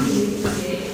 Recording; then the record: coughing mixed with background sound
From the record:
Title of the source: Mid-morning Winter Coughing Fit